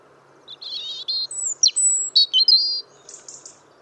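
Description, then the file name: European robin song of thin high whistles, sharp downslurred notes and brief warbling flourishes in a quick, varied sequence; faint steady hum beneath. "Erithacus rubecula"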